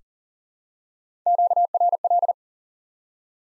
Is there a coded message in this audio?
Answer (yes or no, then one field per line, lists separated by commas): yes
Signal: Morse code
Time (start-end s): 1.3-2.3 s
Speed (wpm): 38 wpm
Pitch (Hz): 700 Hz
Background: none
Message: QRL